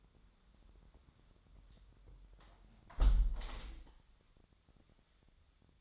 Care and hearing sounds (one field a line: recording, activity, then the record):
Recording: daily activity, microphone in the room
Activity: close window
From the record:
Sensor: 3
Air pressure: 1006.4 hPa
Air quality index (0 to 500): 188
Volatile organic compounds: 13 ppm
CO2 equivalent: 2386 ppm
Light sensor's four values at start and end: 10/24/10/10 and 9/23/9/9